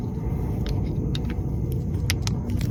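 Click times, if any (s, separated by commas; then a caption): none. A vehicle's fog light wiring harness plug is lined up by its tab with the notch on an Auxito LED fog light bulb's plastic connector on a 2015–2021 F150 and pushed on, heard over a steady low rumble with several short plastic ticks. Nothing has seated or clicked yet; the clip ends just before the plug goes home.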